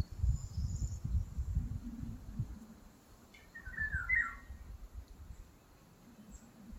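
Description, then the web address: Eurasian golden oriole singing one mellow whistled phrase midway through, against a low rumble. Recorded 29 April 2023. "som de um papa figos"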